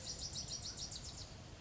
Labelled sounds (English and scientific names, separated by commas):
Bewick's Wren (Thryomanes bewickii)